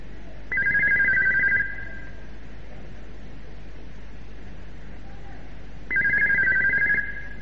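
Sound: telephone ringing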